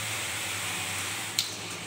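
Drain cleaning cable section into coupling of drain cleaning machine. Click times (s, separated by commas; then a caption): 1.4 s. A drain-cleaning cable section is pushed into its coupling on a Rothenberger R600 drain-cleaning machine, over a steady broadband hiss and a low hum. A single sharp, short click is heard at 1.4 s as the cable section seats, confirmed clicked in.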